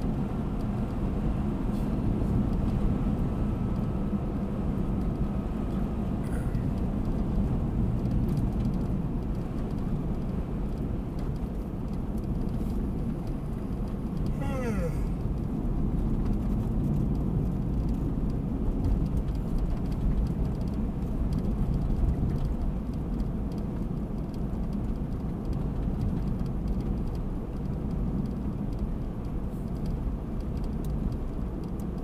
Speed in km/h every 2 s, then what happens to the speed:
69, 67, 64, 61, 58, 57, 55, 52, 48, 52, 57, 57, 55, 56, 57, 57.
0-16 slows to 48. 16-20 speeds up to 57. 20-32 steady at about 57.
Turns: none.